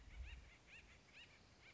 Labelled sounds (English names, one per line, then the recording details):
Acorn Woodpecker
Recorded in Sonoma County, California